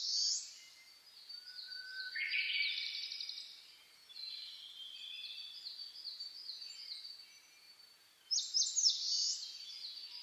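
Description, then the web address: Birds singing: a sharp high phrase, then a long run of thin twittering notes, and a bright burst of whistles near the end. Dawn chorus (reimei) of birdsong (saezuri), recorded on 10 May 2010 at 04:01. "reimei -saezuri-20100510"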